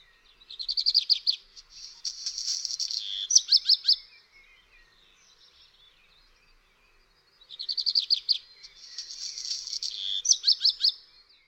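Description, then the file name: Black redstart song, two phrases about seven seconds apart, each opening with quick high notes, then a scratchy crackling stretch and a burst of sharp ending notes; otherwise quiet. "KOPCIUSZEK"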